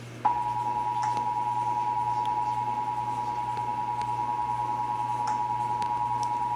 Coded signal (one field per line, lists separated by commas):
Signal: Emergency Alert System (SAME) tones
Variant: 853 and 960 Hz attention tone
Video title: (EAS #537-544) November 2023 Texas Required Monthly Test